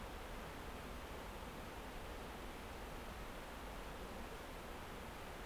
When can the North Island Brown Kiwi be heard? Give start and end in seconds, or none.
none